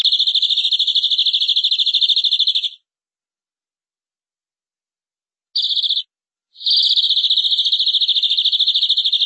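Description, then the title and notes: Canary giving fast, high, buzzy rolling trills: a long run, a gap, a brief burst, then another long even trill to the end. "BM Suara Kenari. BM Suara Burung Kenari"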